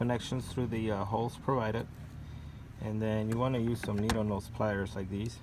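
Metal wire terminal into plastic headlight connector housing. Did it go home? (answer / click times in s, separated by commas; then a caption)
no / none. During a Xentec 6000K HID install on a 2010 RAM, someone talks while handling the HID harness, whose metal wire terminals go through the slots of a plastic headlight connector housing and are pulled one by one with needle-nose pliers so they click and lock and won't back out when the harness is hooked up. Only speech is heard throughout. Nothing has seated or clicked yet.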